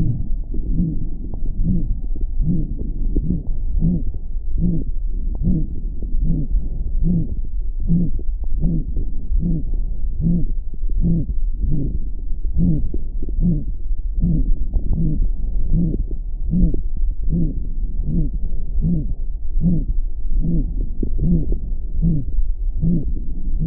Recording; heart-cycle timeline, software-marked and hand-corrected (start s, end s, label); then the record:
heart sounds
0.00	0.06	S1
0.06	0.23	systole
0.23	0.33	S2
0.33	0.78	diastole
0.78	0.92	S1
0.92	1.07	systole
1.07	1.17	S2
1.17	1.64	diastole
1.64	1.80	S1
1.80	1.95	systole
1.95	2.05	S2
2.05	2.38	diastole
2.38	2.46	S1
2.46	2.55	systole
2.55	2.67	S2
2.67	3.10	diastole
3.10	3.22	S1
3.22	3.35	systole
3.35	3.45	S2
3.45	3.84	diastole
3.84	3.98	S1
3.98	4.13	systole
4.13	4.21	S2
4.21	4.62	diastole
4.62	4.78	S1
4.78	4.93	systole
4.93	5.03	S2
5.03	5.48	diastole
5.48	5.62	S1
5.62	5.77	systole
5.77	5.83	S2
5.83	6.20	diastole
6.20	6.36	S1
6.36	6.57	systole
6.57	6.69	S2
6.69	7.06	diastole
7.06	7.22	S1
7.22	7.35	systole
7.35	7.43	S2
7.43	7.88	diastole
7.88	8.04	S1
8.04	8.15	systole
8.15	8.23	S2
8.23	8.60	diastole
8.60	8.74	S1
8.74	8.91	systole
8.91	9.01	S2
9.01	9.44	diastole
9.44	9.60	S1
9.60	9.77	systole
9.77	9.89	S2
9.89	10.26	diastole
10.26	10.42	S1
10.42	10.55	systole
10.55	10.61	S2
10.61	10.94	diastole
10.94	11.04	S1
11.04	11.15	systole
11.15	11.29	S2
11.29	11.62	diastole
11.62	11.74	S1
11.74	11.91	systole
11.91	12.03	S2
12.03	12.54	diastole
12.54	12.70	S1
12.70	12.85	systole
12.85	12.97	S2
12.97	13.42	diastole
13.42	13.58	S1
13.58	13.73	systole
13.73	13.81	S2
13.81	14.22	diastole
14.22	14.36	S1
14.36	14.51	systole
14.51	14.63	S2
14.63	15.00	diastole
15.00	15.12	S1
15.12	15.25	systole
15.25	15.35	S2
15.35	15.72	diastole
15.72	15.88	S1
15.88	16.03	systole
16.03	16.13	S2
16.13	16.54	diastole
16.54	16.70	S1
16.70	16.85	systole
16.85	16.93	S2
16.93	17.32	diastole
17.32	17.46	S1
17.46	17.63	systole
17.63	17.73	S2
17.73	18.12	diastole
18.12	18.26	S1
18.26	18.39	systole
18.39	18.47	S2
18.47	18.82	diastole
18.82	18.98	S1
18.98	19.13	systole
19.13	19.23	S2
19.23	19.64	diastole
19.64	19.80	S1
19.80	19.93	systole
19.93	20.01	S2
20.01	20.34	diastole
20.34	20.46	S1
20.46	20.63	systole
20.63	20.75	S2
20.75	21.22	diastole
21.22	21.40	S1
21.40	21.57	systole
21.57	21.67	S2
21.67	22.02	diastole
22.02	22.20	S1
22.20	22.39	systole
22.39	22.51	S2
22.51	22.84	diastole
22.84	23.00	S1
23.00	23.15	systole
23.15	23.25	S2
23.25	23.66	diastole
23.66	23.67	S1
From the record:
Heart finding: aortic stenosis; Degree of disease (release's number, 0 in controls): 4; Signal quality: good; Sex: female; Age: 80 years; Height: 1.53 m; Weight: 82 kg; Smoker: no